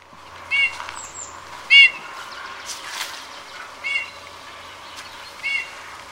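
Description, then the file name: Eurasian bullfinch calls: four brief, soft, plaintive whistled notes spaced a second or two apart. "gimpel"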